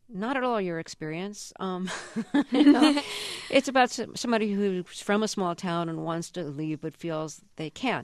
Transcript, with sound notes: not at all your experience.
(LAUGHTER)
It's about somebody who's from a small town and wants to leave but feels they can't.